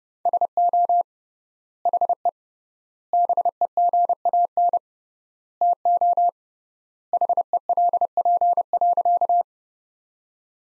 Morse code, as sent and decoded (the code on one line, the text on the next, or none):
... --- / .... . / -... . --. .- -. / - --- / .... . .-.. .--. .-.-.-
SO HE BEGAN TO HELP.